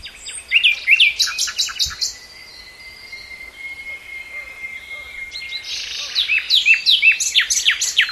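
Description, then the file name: Common nightingale singing rapid chattering phrases, then a quiet pause, followed by another burst of fast varied notes. "Luscinia megarhynchos"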